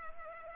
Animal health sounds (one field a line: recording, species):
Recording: mosquito wingbeat signal from an infrared sensor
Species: Culex pipiens